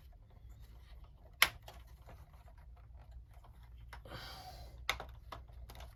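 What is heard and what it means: Plastic panels of a transforming plastic toy figure are pressed together into its base section, with light handling clicks in between. Two sharp, loud snaps ring out at 1.4 s and 4.9 s, and the base section locks into place.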